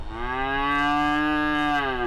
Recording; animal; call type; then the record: contact call of a hoofed animal; cattle; low-frequency (closed-mouth) or high-frequency (open-mouth) call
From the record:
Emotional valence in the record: negative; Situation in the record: full separation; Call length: 2.1 s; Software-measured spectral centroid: 1710 Hz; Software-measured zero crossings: 1950 a second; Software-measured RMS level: -24 dBFS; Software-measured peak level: -15 dBFS